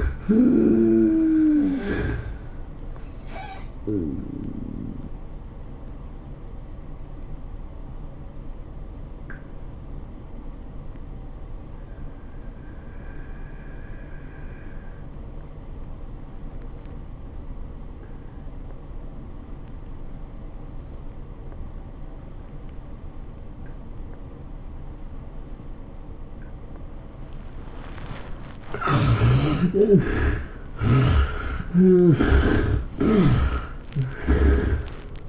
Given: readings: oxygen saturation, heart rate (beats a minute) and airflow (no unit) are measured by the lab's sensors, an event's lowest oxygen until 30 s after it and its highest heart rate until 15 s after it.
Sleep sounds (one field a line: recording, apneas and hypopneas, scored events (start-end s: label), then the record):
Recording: breathing in sleep by a smartphone at the bedside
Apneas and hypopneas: 1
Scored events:
4.00-28.60 s: hypopnea (REM, oxygen 88% highest, then 64% lowest, heart rate 114 at the start, 114 highest)
11.00-35.29 s: new sleep stage, N2 (light sleep)
From the record:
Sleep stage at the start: REM sleep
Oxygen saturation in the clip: 53 to 88%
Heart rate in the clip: 85 to 114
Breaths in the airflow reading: 4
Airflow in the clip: -15.6 to 12.6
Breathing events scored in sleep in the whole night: 403 in 5.5 hours asleep